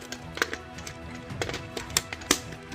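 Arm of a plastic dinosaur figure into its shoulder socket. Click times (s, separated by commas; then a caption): 2.0 s, 2.3 s. The arms of a plastic dinosaur action figure are pressed into their shoulder sockets until they snap in. Over faint background music, light plastic taps and handling at about 0.4, 0.5, 1.4 and 2.7 seconds surround two sharp snaps at 2.0 and 2.3 seconds. Both arms seat firmly in their sockets.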